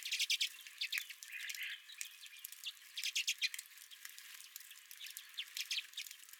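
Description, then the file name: Redpolls trading quick dry chit notes and rattles in bursts. Redpolls at the recordist's own feeder. "Redpolls at My Feeder"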